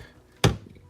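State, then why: Seated. A plastic engine cover on a Jaguar F-Pace 2.0d is lined up with the oil cap hole and pushed down onto its ball mounts on the engine mounting studs. A sharp snap at 0.4 s shows the cover seating onto its mount, followed by a faint tail and quiet.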